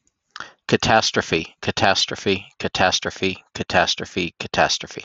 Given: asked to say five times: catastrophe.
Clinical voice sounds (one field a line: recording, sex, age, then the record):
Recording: repeated word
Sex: male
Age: 50 to 59 years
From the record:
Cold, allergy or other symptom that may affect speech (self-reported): no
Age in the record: 52 years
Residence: Nebraska, United States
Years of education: 16